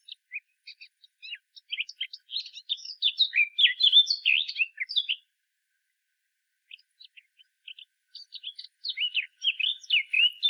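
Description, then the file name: Eurasian blackcap warbling song, a hurried jumble of chirps and slurred notes building louder, breaking off into silence, then resuming with another quick scratchy run. "Sylvia atricapilla"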